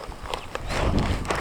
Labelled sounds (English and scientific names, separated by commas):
Superb Starling (Lamprotornis superbus) flight call